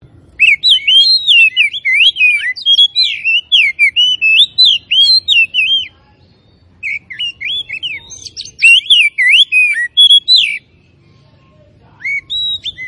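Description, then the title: Oriental magpie-robin pouring out long, rapid sequences of varied whistled notes and warbles, pausing briefly around six seconds and again near eleven seconds. Singing actively and in full voice; local variety called Tretes. "Kacer Tretes Gacor"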